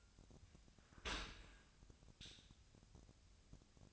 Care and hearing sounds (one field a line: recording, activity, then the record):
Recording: daily activity, microphone in the room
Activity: open dishwasher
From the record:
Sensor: 2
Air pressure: 1006.5 hPa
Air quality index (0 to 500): 202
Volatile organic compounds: 14 ppm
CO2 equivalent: 2471 ppm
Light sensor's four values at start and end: 9/21/9/9 and 9/21/9/9